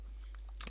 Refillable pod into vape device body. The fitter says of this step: click this in it's a friction fit there's no click on magnet or anything like that it's just a perfect fit in there